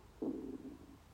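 Stomach rumbling (borborygmi) from an adult abdomen in the morning before eating: a brief gurgling growl centered low in pitch that fades over about a second.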